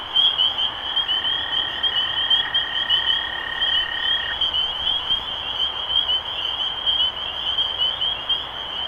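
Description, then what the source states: Chorus of spring peepers giving high, clear peeps nonstop; a level, lower-pitched trill sounds for a few seconds early on. Recorded 23 March 2012.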